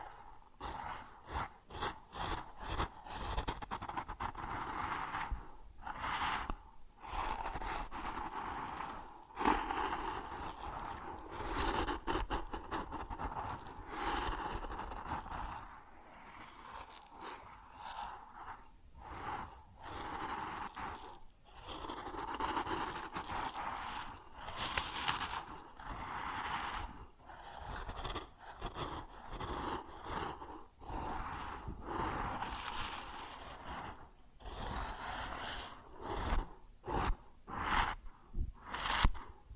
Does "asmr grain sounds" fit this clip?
yes